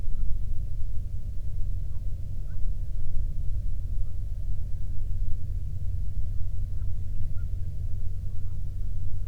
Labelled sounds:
waterfowl, man-made sound
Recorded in the Prudhoe Bay oil fields, Alaska, on 13 June 2019 at 00:15
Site 24

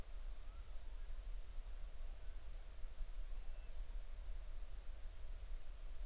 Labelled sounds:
bird
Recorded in the Arctic National Wildlife Refuge, Alaska, on 20 July 2019 at 02:36
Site 38

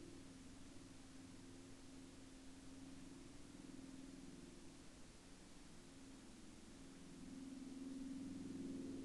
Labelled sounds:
aircraft
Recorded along the Dempster Highway, Canada, on 2 November 2019 at 18:44
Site 20

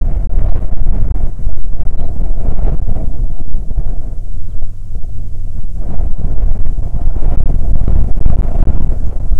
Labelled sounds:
wind, aircraft
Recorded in the Prudhoe Bay oil fields, Alaska, on 11 June 2019 at 11:09
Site 14

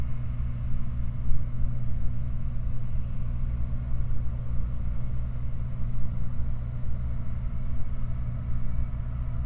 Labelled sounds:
machinery
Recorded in the Prudhoe Bay oil fields, Alaska, on 16 August 2019 at 05:31
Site 29

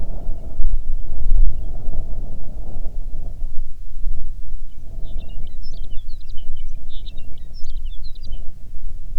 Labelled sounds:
songbird, wind
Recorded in the Prudhoe Bay oil fields, Alaska, on 6 June 2019 at 04:31
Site 16

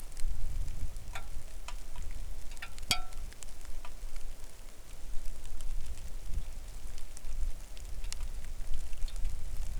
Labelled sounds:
rain
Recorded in the Arctic National Wildlife Refuge, Alaska, on 3 August 2019 at 09:34
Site 41

